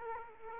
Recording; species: mosquito wingbeat signal from an infrared sensor; Culex quinquefasciatus